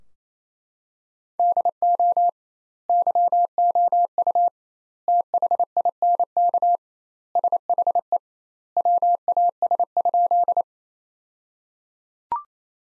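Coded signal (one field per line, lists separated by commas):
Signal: Morse code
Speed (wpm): 28 wpm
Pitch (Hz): 700 Hz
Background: none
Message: DO YOU THINK SHE WAS?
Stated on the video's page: Morse practice sentences from the top 200 words at 28 wpm with double standard word spacing, a Farnsworth-like method applied to words.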